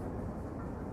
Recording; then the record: background sound without coughing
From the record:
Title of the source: Train Ride Ambience ambient white noise for sleeping, focus, studying, reading